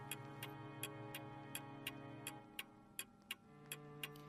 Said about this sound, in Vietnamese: Kim đồng hồ trong căn phòng khẽ chuyển động.